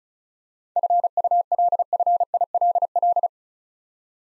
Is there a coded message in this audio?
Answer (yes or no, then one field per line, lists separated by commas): yes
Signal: Morse code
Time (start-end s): 0.8-3.3 s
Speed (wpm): 36 wpm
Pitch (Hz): 700 Hz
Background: none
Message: FULFILL